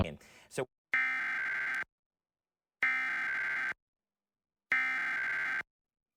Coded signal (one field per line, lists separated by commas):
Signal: Emergency Alert System (SAME) tones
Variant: header bursts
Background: speech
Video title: Back Fo Mo….EAS Alerts From July 26, 2023